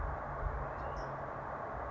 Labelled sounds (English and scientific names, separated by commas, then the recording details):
California Towhee (Melozone crissalis)
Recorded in Sonoma County, California